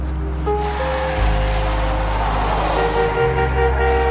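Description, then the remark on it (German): A steady roar of street traffic with a deep engine hum underneath, its pitch stepping down twice as vehicles go by, and a broad rushing wash of tire noise throughout. “Sie kümmerten sich nicht um die Autos. Um nichts. Sie gingen einfach hindurch.”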